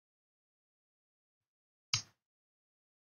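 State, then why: Partly seated. A folding knife blade is slowly rolled open, and its liner lock gives one sharp, bright click against the blade tang at 1.9 s, ringing out briefly in near silence. The lock clicks but still does not lock up properly, the same issue as before.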